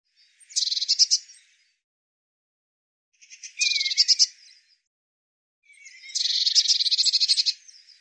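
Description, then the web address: Eurasian blue tit producing three dry, buzzing churr bursts, the last one longest, separated by short quiet gaps. "cianscape birddata Deverinetal 2025 File cleaned normalized Bird Cy Ca"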